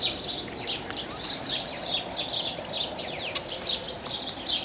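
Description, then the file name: House sparrow chirping: sharp, high chirps repeated in a steady series. "Passer domesticus"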